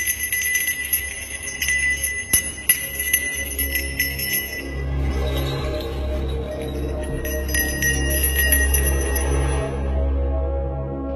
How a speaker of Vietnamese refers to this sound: Thầy vừa gõ vừa cao giọng tụng niệm. Ấy chứ, Nam Mô Diệm Nhiên Vương Bồ Tát. Tiếng chuông mõ bắt đầu vang lên leng keng, cùng với tiếng của thầy đọc uy nghiêm.